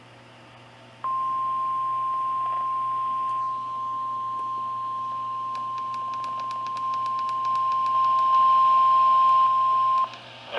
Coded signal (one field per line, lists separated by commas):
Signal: Emergency Alert System (SAME) tones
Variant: 1050 Hz attention tone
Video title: (EAS #105-106) Required Weekly Test (KEC56 and KTXD-TV)